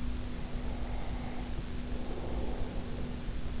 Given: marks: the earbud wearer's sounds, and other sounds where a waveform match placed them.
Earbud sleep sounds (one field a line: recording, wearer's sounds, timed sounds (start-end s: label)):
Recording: sounds in sleep by an in-ear microphone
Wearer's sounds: breath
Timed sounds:
0.16-3.37 s: breath